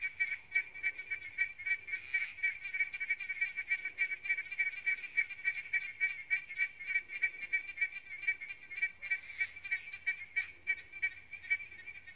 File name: Victorian smooth froglet call